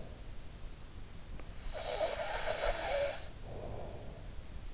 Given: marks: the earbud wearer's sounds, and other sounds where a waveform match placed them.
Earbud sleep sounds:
sounds in sleep by an in-ear microphone; snoring breath
0.82-4.13 s: snoring breath

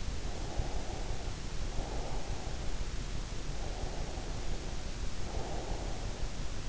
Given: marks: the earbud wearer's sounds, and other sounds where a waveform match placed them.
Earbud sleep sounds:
sounds in sleep by an in-ear microphone; breath
0.32-2.45 s: breath
3.60-6.21 s: breath

